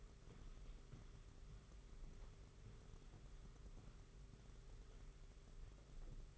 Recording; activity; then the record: daily activity, microphone in the room; walk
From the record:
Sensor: 4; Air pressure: 991.5 hPa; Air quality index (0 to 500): 138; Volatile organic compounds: 57 ppm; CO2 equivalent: 3386 ppm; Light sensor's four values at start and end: 23/75/28/29 and 23/76/28/29